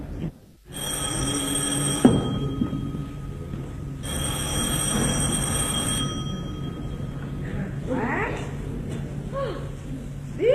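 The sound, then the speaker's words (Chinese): A telephone rings in two bursts of a bright, steady electronic trill, each lasting about two seconds, over a low hum with a voice murmuring between the rings. “来电话了，太好了。”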